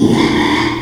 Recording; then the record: squeal of a Yucatan mini pig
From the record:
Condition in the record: after surgery on the right vocal fold (resection and tissue-engineered implant); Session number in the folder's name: 1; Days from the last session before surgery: 6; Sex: male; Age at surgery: 12 weeks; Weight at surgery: 13 kg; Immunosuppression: cyclosporine, prednisolone